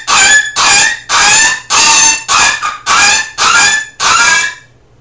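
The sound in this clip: Rabbit giving several separate shrill, wavering squeals, each about half a second long with short gaps, fading to quiet at the end.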